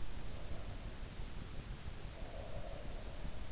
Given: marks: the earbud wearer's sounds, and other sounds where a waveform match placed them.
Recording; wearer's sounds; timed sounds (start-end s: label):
sounds in sleep by an in-ear microphone; breath
2.27-3.42 s: breath